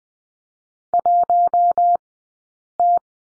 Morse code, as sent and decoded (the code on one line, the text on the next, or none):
.---- -
1T